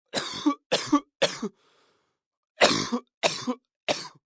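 Six harsh, rough coughs in two runs of three, split by a pause of about a second. Each cough is a short explosive burst. These are acted coughs meant to sound sick, not a real patient.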